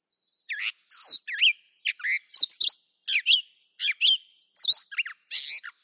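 Catbird song: a run of short, varied chirps and slurred squeaky notes, each phrase different, given with brief gaps in a clean, quiet setting.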